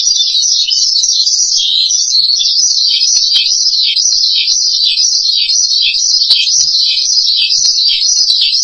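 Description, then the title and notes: Starling giving an unbroken, high, rapid warbling twitter that wavers up and down without pause. "suara burung jalak"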